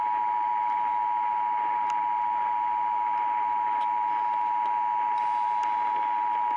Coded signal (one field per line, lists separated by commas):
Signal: Emergency Alert System (SAME) tones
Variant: 853 and 960 Hz attention tone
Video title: THUNDERSTORMS AGAIN... EAS Alerts from 3/21/24 (EAS#830 - #870)